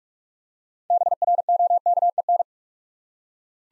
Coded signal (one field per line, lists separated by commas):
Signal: Morse code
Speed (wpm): 44 wpm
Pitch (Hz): 700 Hz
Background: none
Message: BROKEN